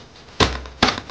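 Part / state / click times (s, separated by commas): canister filter top onto filter canister body / not seated / none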